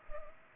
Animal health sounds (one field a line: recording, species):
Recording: mosquito wingbeat signal from an infrared sensor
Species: Culex pipiens